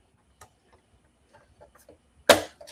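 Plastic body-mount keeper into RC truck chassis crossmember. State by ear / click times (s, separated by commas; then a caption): seated / 2.3 s. A 3D-printed plastic body-mount keeper, unclipped from an RC crawler chassis, is pushed back in behind the stock crossmember after a few faint handling ticks. It snaps into place with a sharp, loud click at 2.3 s, followed by a small tap, and it is seated with a positive lock.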